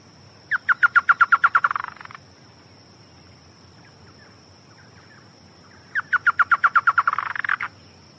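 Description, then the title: Chotoy spinetail giving two fast chattering phrases that run into a rough buzzy finish, with a steady high-pitched hum. "LuckyPassaro Completos2Sama. Chotoy Spinetail (Schoeniophylax phryganophilus)"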